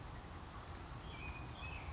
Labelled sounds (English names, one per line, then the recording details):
California Towhee
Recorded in Sonoma County, California